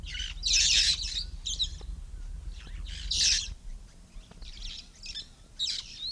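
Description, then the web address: Red-fronted parrot calls: harsh, grating screeches in uneven clusters, loudest near the start and again around three seconds. "parrots poicephalus-gulielmi"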